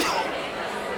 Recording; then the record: coughing mixed with background sound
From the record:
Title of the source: Coughing 60